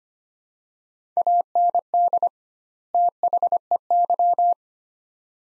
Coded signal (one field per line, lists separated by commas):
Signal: Morse code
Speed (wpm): 25 wpm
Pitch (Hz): 700 Hz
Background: none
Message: AND THEY